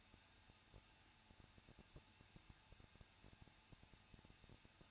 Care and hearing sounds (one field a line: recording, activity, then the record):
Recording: daily activity, microphone in the room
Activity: no activity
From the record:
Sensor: 2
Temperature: 21.0 degrees Celsius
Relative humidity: 37.5%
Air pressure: 1006.2 hPa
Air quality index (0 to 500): 224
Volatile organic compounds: 25 ppm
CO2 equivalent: 2847 ppm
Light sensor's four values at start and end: 2/3/2/2 and 2/3/2/2